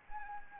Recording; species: mosquito wingbeat signal from an infrared sensor; Anopheles arabiensis